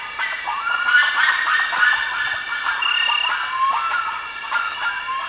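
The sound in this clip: Bird calls, busy chattering notes mixed with short thin whistles in rapid irregular succession.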